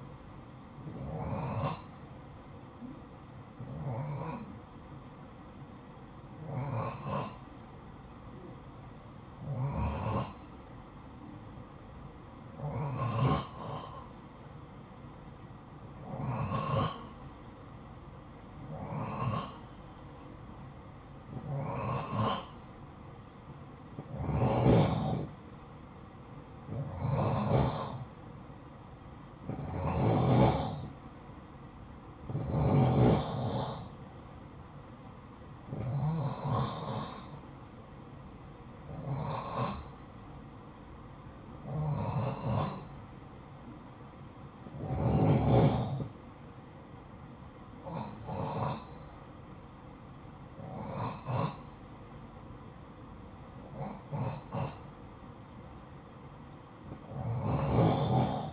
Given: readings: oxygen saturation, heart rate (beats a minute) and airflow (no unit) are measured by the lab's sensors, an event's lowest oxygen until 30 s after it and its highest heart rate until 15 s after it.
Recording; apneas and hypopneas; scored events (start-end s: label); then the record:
breathing in sleep by a smartphone at the bedside; 1
3.00-25.70 s: hypopnea (N2, oxygen 91% highest, then 87% lowest, heart rate 58 at the start, 59 highest)
From the record:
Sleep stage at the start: N2 (light sleep); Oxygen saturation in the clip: 87 to 91%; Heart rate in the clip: 52 to 59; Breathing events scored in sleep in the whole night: 573 in 9.8 hours asleep